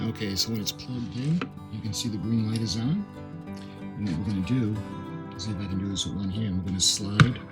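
Someone talks over background music while handling the plastic 20V battery pack of a Towallmark 22" 2600 RPM cordless hedge trimmer one-handed, lining it up to slide along the grooves of its plugged-in charger, which shows a green light. Nothing has seated or clicked yet.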